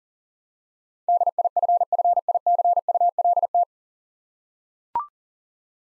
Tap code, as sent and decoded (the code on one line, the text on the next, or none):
none